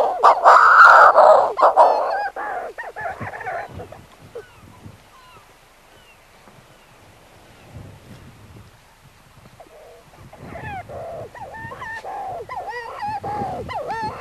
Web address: manx shearwater